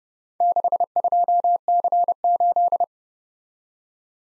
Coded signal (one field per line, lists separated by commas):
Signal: Morse code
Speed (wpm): 29 wpm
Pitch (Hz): 700 Hz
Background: none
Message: 62C8